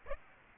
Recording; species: mosquito wingbeat signal from an infrared sensor; Aedes aegypti